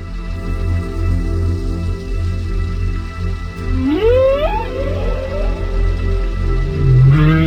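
Whale call: a tonal upsweep that rises steeply and then bends down into a wavering tail, over a constant deep low rumble, with another call starting near the end.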